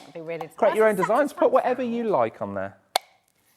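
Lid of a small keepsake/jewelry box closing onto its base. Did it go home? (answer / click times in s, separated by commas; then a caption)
yes / 3.0 s. Someone talks, then the lid of a small keepsake or jewelry box is closed onto its base and snaps shut with a single sharp click at 2.9 s. A faint tick follows, and the lid is seated.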